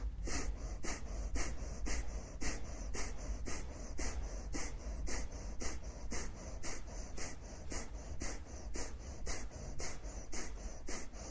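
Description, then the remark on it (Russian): Steady, rhythmic breathing through the nose or a narrow opening during a yoga breathing exercise, each airy breath following the next at a quick, even pace, continuing alone without any talking. “Дышим через эту трубочку.”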